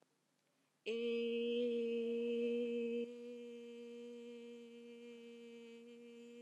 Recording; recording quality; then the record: sustained vowel as in made; excellent, no background noise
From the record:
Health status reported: healthy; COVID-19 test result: negative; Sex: female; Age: 19 years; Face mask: worn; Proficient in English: yes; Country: India